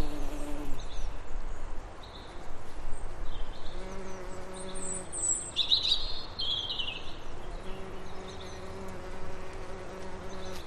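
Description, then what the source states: Bees buzzing, a low humming drone that comes and goes in steady stretches, with bright bird chirps and twitters above it. Bees buzzing in a flower meadow.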